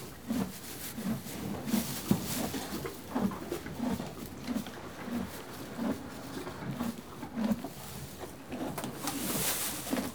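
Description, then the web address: Horse eating, a steady pattern of low crunching chews with occasional sharper clicks and a swishing rustle near the end. One horse eating hay and moving. "BBC Sound Effects Library Horses One horse eating hay, and moving"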